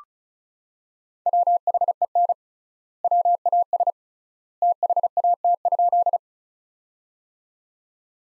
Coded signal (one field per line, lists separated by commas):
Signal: Morse code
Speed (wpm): 36 wpm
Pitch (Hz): 700 Hz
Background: none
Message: WHEN WAS THAT?